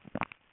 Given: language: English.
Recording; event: throat vibration sensor signal played as sound; swallow